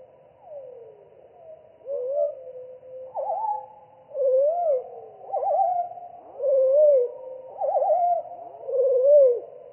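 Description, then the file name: European pied flycatcher song, low whistled phrases that start softly and grow stronger, mixing quick trills with smooth wavering notes, several phrases in turn. "GOBEMOUCHE NOIR"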